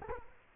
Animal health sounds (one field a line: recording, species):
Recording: mosquito wingbeat signal from an infrared sensor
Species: Culex quinquefasciatus